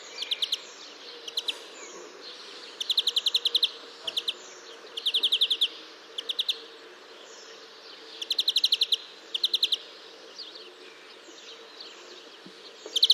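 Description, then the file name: European greenfinch calling in brief rattled bursts, some of just two or three notes, others longer trills, spaced irregularly over a quiet hiss. "Chloris chloris"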